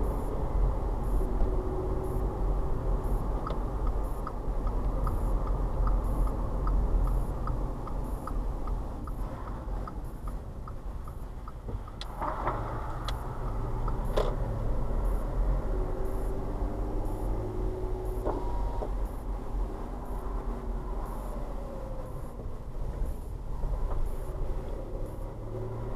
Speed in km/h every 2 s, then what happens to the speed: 34, 35, 34, 32, 24, 16, 10, 15, 19, 23, 19, 13, 16.
0-6 steady at about 34. 6-11 brakes to 10. 13-17 speeds up to 23. 19-22 slows to 13.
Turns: 9-13.